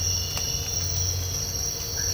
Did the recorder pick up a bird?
no